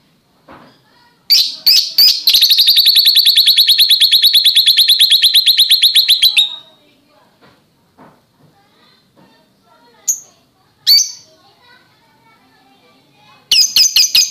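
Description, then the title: Oriental magpie-robin with a few sharp chirps leading into a long, steady, buzzy rattle lasting about four seconds, then scattered high notes after a pause. "Kicau Kacer"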